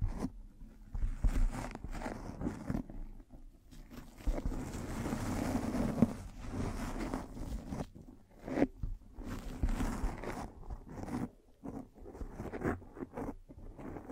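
Mic brushing and scratching, a rough run of rubbing and scraping strokes with a heavy low rumble under them. A longer, denser smear of brushing fills the middle, around four to eight seconds, then gives way to choppier, irregular scratches and short bursts with brief gaps.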